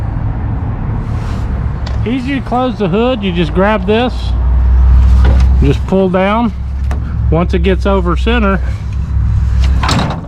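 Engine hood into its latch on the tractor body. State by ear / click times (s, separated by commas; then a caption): seated / 9.8 s. Someone talks while pulling the engine hood of a Massey Ferguson 7S.155 Classic tractor (Dyna6 Semi Powershift, FL.4327 loader) down past over-center, over a steady low rumble. The hood drops and snaps into its latch on the tractor body with a sharp hit and long decay at 9.8 s, and it is seated.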